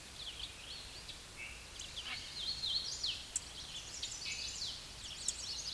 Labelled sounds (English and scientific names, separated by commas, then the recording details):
Hooded Warbler (Setophaga citrina) song
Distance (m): 55 m
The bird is about 25 m above the microphone
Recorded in a Pennsylvania forest on 16 May 2024 at 07:53
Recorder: AudioMoth, point MSD-0814
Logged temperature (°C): 15.8 °C
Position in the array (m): 116 m, 138 m